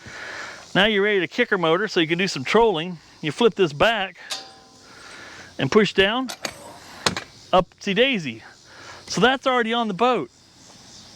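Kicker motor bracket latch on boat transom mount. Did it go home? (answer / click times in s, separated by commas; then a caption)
yes / 7.1 s. Someone talks while flipping back the kicker motor bracket on a boat's transom mount and pushing it down. The bracket latch clicks into place with a sharp metallic click at 7.1 s, followed by a smaller sound at 7.2 s. The talking continues afterward.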